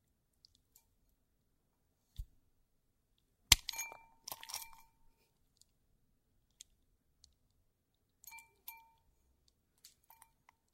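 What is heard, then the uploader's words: Carving soap with a hard tool: sharp scrapes and clicks arrive in sparse bursts. A loud crack near the four-second mark starts a cluster of scraping, and smaller ringing ticks and brief scratches follow every second or so. 割肥皂｜Carving Soap.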